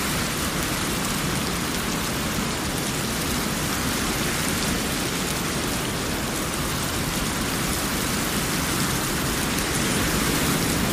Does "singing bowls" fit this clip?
no